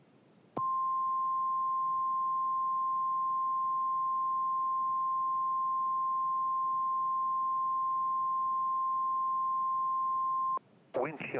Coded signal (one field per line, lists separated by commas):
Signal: Emergency Alert System (SAME) tones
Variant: 1050 Hz attention tone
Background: speech